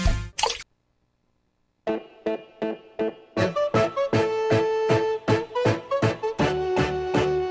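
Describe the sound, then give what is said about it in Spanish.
After a brief noise and a pause, water drips in a steady rhythm of hollow, resonant plops that grow quicker and fuller, with sustained tones ringing beneath them. “La fuerza del agua, la fuerza de la naturaleza.”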